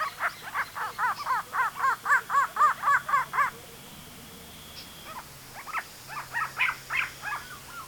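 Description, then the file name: Grey-crowned babbler calling in quick bursts of harsh, harmonic notes, a fast run of about a dozen, a pause, then a looser second run. "Pomatostomus Temporalis"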